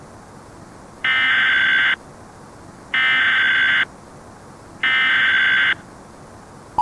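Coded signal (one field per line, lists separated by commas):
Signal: Emergency Alert System (SAME) tones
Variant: header bursts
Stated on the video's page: Fictional mock scenario of a national security breach, using valid SAME tones.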